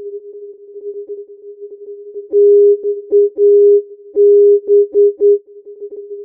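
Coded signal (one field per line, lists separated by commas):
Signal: Morse code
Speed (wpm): 9 wpm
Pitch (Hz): 410 Hz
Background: music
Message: TAB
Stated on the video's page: Non-directional beacon on AM 323 kHz; carrier 4 Hz below 323 kHz, sidebands at ±408 Hz instead of the usual ±400 Hz.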